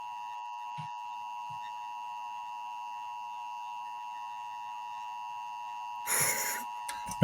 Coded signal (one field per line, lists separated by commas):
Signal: Emergency Alert System (SAME) tones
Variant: 853 and 960 Hz attention tone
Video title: Episode 13 - New EAS History Found